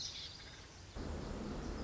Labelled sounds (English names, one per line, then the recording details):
Pacific Wren
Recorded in Sonoma County, California